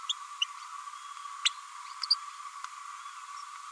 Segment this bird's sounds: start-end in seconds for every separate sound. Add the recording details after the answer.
0.09-0.13, 0.41-0.45, 2.03-2.06, 2.10-2.15. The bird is a female. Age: 31 days. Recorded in a nest box in Venezuela. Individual 17B102A5